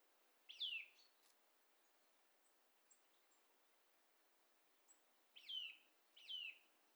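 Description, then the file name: Eurasian nuthatch falling call notes, one early and two later after a long pause, with scattered faint high ticks in a quiet background. "Sitta europaea"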